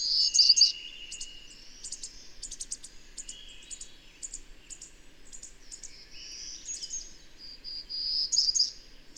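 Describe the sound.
Birdsong, rich trilled whistles opening loudly, then rapid high chirps and clicks at an uneven pace before another bright trill near the end.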